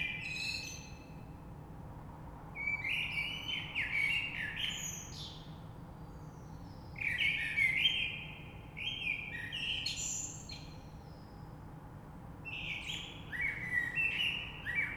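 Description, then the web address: Common blackbird song: low fluted warbled phrases ending in high squeaky twitters, delivered in bursts separated by short pauses over a soft steady background hum. Recorded 3 March 2020. "oiseaux Rush Merle 3-3-2020"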